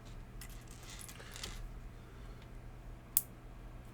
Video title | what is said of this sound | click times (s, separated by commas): LEGO Castle Build Recording! | very satisfying snap | 3.2 s